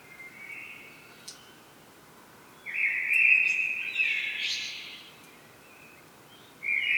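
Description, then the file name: Common blackbird song: a faint opening note, then a loud mellow warble sliding into a scratchy, high flourish, and another phrase starting at the end. "Turdus merula"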